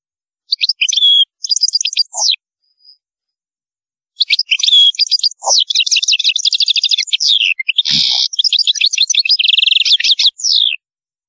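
European goldfinch song: varied tinkling twitters, then a long rapid run of trilled and buzzy notes, with a brief faint low knock.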